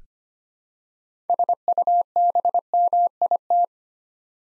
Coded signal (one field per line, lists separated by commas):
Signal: Morse code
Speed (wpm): 25 wpm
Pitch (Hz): 700 Hz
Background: none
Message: SUBMIT